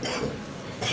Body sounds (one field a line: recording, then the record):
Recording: coughing mixed with background sound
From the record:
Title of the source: Spring Cold Coughing 3